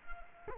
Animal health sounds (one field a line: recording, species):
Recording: mosquito wingbeat signal from an infrared sensor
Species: Culex quinquefasciatus